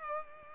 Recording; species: mosquito wingbeat signal from an infrared sensor; Culex pipiens